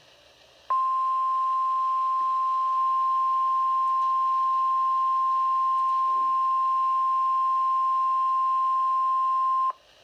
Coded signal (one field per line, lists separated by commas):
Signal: Emergency Alert System (SAME) tones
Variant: 1050 Hz attention tone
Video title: EAS #1 (SVA #380)